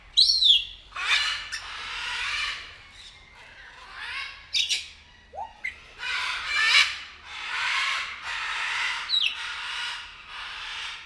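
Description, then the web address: Grey parrot calling with loud, raspy squawks mixed with sharp whistled slides, several rising and falling in quick succession. Captive bird at a zoo in Nyíregyháza, 2019. "jako papagaj hosszabban nyiregyhaza"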